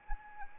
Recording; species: mosquito wingbeat signal from an infrared sensor; Anopheles arabiensis